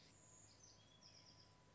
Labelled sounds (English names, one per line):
Bewick's Wren